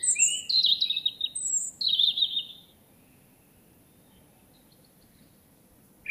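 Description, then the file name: European robin giving a brief burst of high, tinkling warbled notes for about two and a half seconds, then silence before a single thin note at the end. "Erithacus rubecula"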